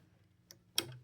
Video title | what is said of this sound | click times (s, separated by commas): Husqvarna Viking Platinum 735 Sewing Machine Quick Tutorial for Thomas | Listen for the snap. | 0.8 s